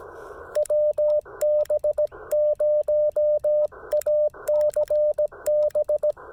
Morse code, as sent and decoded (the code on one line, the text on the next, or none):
.-- -... ----- .- -.-. -...
WB0ACB